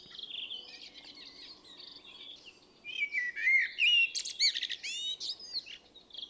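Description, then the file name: Common blackbird song: fluted warbling phrases ending in high twitters. "Turdus merula"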